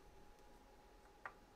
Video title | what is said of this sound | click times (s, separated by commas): TronXY Crux 1 Unboxing, Setup, and Leveling (Yes, it's a good li'l printer) | the reverse Direction so counterclockwise until you hear it kind of click and it will fall into place | 1.3 s